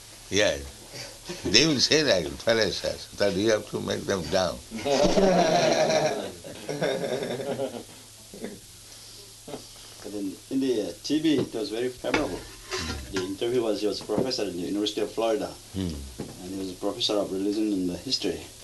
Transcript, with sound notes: Yes, they will say like that, "fallacious," but you have to make them down. [laughter]
In the TV it was very favorable. The interview was just a professor at the University of Florida, and he's a professor of religion and history.